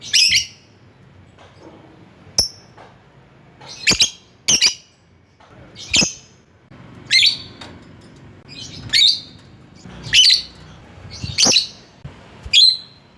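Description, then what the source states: Lovebird calls, piercing squawks repeated at irregular intervals, some doubled, with brief quiet pauses. Lovebird calling a rival.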